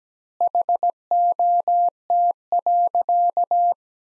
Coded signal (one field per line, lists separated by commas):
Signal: Morse code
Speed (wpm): 17 wpm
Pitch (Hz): 700 Hz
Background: none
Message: HOT.